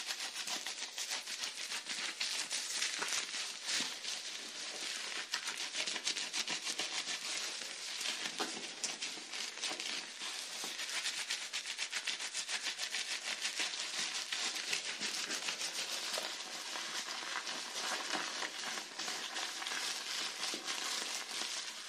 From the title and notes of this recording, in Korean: 샴푸소리. 머리감기,머리헹구기.